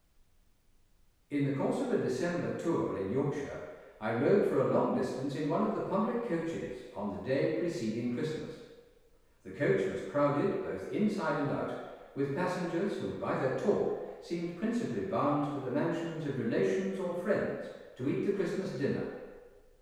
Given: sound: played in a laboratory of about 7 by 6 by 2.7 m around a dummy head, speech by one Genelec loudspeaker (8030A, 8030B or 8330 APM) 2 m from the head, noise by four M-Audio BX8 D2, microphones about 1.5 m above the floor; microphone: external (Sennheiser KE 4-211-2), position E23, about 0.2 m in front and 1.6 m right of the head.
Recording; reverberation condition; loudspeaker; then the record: male speech in English; high; 90 degrees to the left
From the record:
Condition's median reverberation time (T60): about 1300 ms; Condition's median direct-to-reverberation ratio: about -4.0 dB